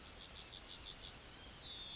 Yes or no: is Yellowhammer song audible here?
yes